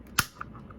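The plastic snap clip holding the two halves of a PS4 game controller's housing is pried apart, letting go with one sharp, loud pop at 0.2 s. Fainter clicks follow at about 0.4 s and 0.7 s. The clip releases and the controller shell pops open.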